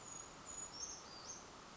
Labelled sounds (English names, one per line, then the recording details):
Brown Creeper
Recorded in Sonoma County, California